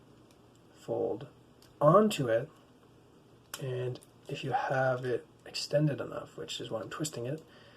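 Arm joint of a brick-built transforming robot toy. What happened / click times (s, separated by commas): The plastic joint is being twisted but has not clicked into place yet / none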